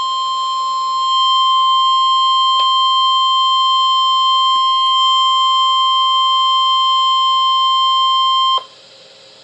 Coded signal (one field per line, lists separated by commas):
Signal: Emergency Alert System (SAME) tones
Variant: 1050 Hz attention tone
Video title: Both SVR Thunderstorm WATCH &WARNING!!! (EAS #23&24)